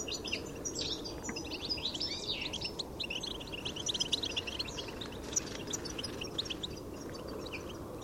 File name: Carduelis carduelis